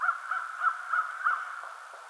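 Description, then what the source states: American crow calls, a quick series of five fairly faint, harsh caws in just over a second. Recorded on 21 March 2007.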